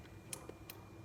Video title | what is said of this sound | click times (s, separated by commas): SPYPOINT Link-S 1 | push it all the way in until you hear it click hopefully | 0.3 s